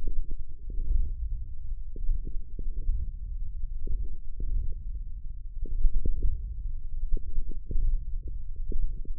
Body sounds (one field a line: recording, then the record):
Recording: forearm muscle sounds (acoustic myography)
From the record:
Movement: wrist extension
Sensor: system 1, eight BSWA MPA416 microphones around the upper forearm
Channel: 6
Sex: male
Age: 18 years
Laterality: right